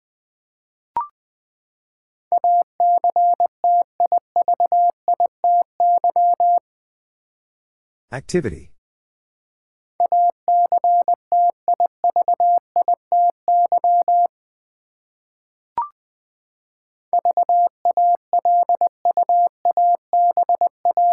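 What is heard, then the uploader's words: Morse code beeps in a steady mid-pitched tone, sent in three bursts of rapid dots and dashes, each lasting several seconds. Short clicks come before the first and third bursts, and a brief scraping rustle falls near eight seconds. Silence separates the groups. Eight Letter Words - 20wpm. First, the word is sent in Morse code. Finally, it is sent again in More code.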